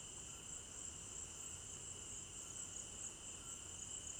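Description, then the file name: Unbroken high cricket chorus with a lower trilling band and soft low background noise. Crickets at night in an African village garden; recorded in stereo binaural. "African-Village Garden Night Crickets 01 Stereo-Binaural"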